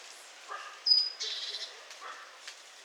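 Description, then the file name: Great tit call: a thin high whistle leading straight into one short buzzy, rasping churr, with faint softer notes before and after. "Parus major"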